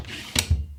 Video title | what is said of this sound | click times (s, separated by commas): Heckler & Koch H&K MP7 | pull out and lock into place | 0.4 s